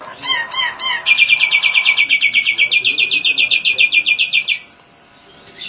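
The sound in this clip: Nias hill myna calling: three sharp notes, then a fast, steady train of bright piercing notes for over three seconds before stopping abruptly.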